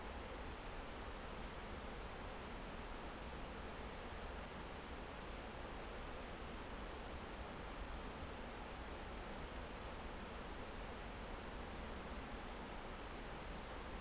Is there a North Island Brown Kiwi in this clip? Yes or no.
no